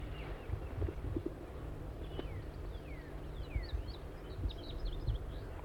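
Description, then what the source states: Crossbill giving short, sharp downslurred call notes, scattered throughout and clustered near the end, over soft low background rumble. Wild orange male near a decoy setup, very close to the net on its outside, watching the decoys; sounds like a small-race male.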